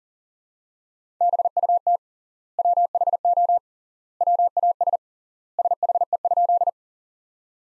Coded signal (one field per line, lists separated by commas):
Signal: Morse code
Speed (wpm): 37 wpm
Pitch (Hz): 700 Hz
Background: none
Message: BUT WHO WAS SHE?